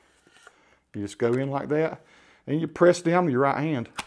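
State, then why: Not seated. Someone talks while a camera's quick-release mounting plate, turned sideways, is slid into a tripod head clamp and pressed down with the right hand, meant to push down a small silver pin so the clamp flap snaps back and locks the camera in. A faint tap is heard at 0.5 s, but nothing has seated or clicked yet.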